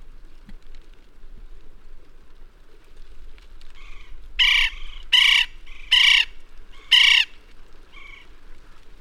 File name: west indian woodpecker